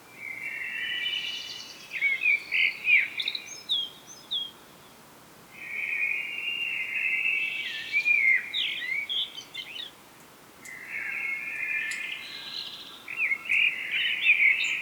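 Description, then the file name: Common blackbird song: three warbled phrases roughly every five seconds, each finishing in squeaky high twitters, background hiss throughout. "Turdus merula"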